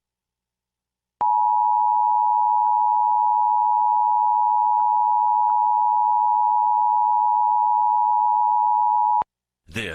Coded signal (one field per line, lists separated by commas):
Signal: Emergency Alert System (SAME) tones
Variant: 853 and 960 Hz attention tone